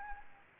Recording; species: mosquito wingbeat signal from an infrared sensor; Anopheles arabiensis